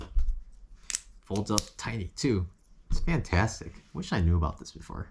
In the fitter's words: Just snaps right in and